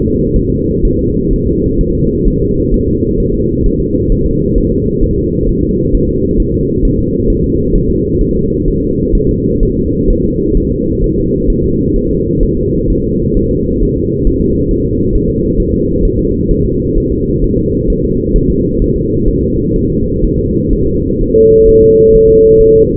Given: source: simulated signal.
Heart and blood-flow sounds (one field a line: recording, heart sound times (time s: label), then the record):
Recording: fetal heart sounds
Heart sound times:
0.02 s: S2
0.36 s: S1
0.50 s: S2
0.85 s: S1
0.99 s: S2
1.33 s: S1
1.47 s: S2
1.81 s: S1
1.95 s: S2
2.28 s: S1
2.42 s: S2
2.74 s: S1
2.88 s: S2
3.20 s: S1
3.34 s: S2
3.66 s: S1
3.80 s: S2
4.12 s: S1
4.26 s: S2
4.58 s: S1
4.72 s: S2
5.03 s: S1
5.18 s: S2
5.49 s: S1
5.63 s: S2
5.94 s: S1
6.09 s: S2
6.40 s: S1
6.54 s: S2
6.85 s: S1
6.99 s: S2
7.30 s: S1
7.44 s: S2
7.75 s: S1
7.90 s: S2
8.21 s: S1
8.35 s: S2
8.68 s: S1
8.82 s: S2
9.15 s: S1
9.29 s: S2
9.63 s: S1
9.77 s: S2
10.10 s: S1
10.25 s: S2
10.57 s: S1
10.72 s: S2
11.04 s: S1
11.18 s: S2
11.50 s: S1
11.64 s: S2
11.96 s: S1
12.10 s: S2
12.43 s: S1
12.57 s: S2
12.90 s: S1
13.04 s: S2
13.37 s: S1
13.51 s: S2
13.82 s: S1
13.97 s: S2
14.27 s: S1
14.41 s: S2
14.71 s: S1
14.85 s: S2
15.15 s: S1
15.29 s: S2
15.60 s: S1
15.74 s: S2
16.05 s: S1
16.19 s: S2
16.51 s: S1
16.65 s: S2
16.98 s: S1
17.12 s: S2
17.44 s: S1
17.58 s: S2
17.90 s: S1
18.04 s: S2
18.36 s: S1
18.50 s: S2
18.82 s: S1
18.96 s: S2
19.28 s: S1
19.43 s: S2
19.76 s: S1
19.90 s: S2
20.24 s: S1
20.39 s: S2
20.73 s: S1
20.87 s: S2
21.21 s: S1
21.35 s: S2
21.69 s: S1
21.83 s: S2
22.15 s: S1
22.29 s: S2
22.61 s: S1
22.75 s: S2
From the record:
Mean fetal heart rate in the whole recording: 130 bpm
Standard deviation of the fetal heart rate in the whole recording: 4 bpm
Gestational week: 38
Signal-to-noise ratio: -14.7 dB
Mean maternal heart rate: 72 bpm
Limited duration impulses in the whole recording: present